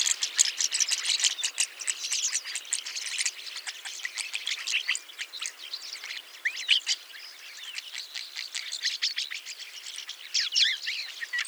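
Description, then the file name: Rosy starling giving a busy, grating warble of rattles and ticks, easing after the first few seconds before the scratchy chatter swells again at the end. "jalak mawar"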